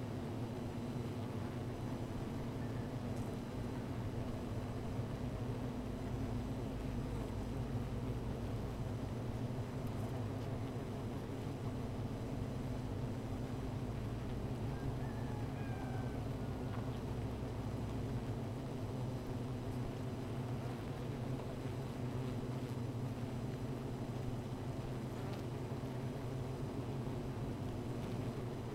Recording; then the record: honeybee colony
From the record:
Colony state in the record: missing queen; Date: 14 July 2017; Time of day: 15:46